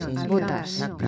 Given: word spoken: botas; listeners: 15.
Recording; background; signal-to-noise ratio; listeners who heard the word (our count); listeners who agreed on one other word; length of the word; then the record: one Spanish word in noise, from a listening test; four-talker babble; 0.7 dB; 2 of 15; 7 of 15; 0.69 s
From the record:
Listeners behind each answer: 7, 2, 2, 1, 1, 1, 1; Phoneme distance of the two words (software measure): 20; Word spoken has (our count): 2 syllables, 5 phonemes, stress on syllable 1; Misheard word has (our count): 2 syllables, 5 phonemes, stress on syllable 1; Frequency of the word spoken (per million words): 12.55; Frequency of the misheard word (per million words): 6.33